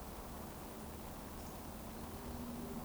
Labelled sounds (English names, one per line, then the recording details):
Eurasian Woodcock whistle
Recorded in Baden-Württemberg, Germany, on 24 June 2020 at 20:19 UTC
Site 14569, 102 m above sea level